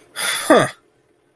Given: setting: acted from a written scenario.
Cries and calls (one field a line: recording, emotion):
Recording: vocal sound without words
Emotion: contempt